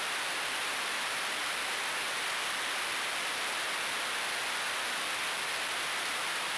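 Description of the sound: Steady, unbroken high hiss with no rhythm or speech: a simulated noise-like tinnitus sound.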